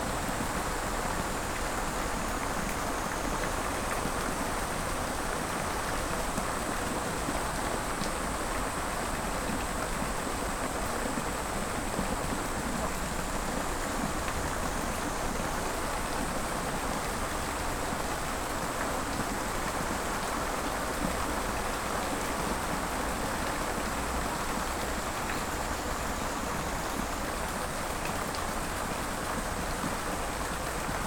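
A field recording from Kyoto: a steady, dense wash of rain-like hiss holds at an even level for the full half minute. A thin high whine runs faintly above it, and a soft low rumble underneath may be passing traffic.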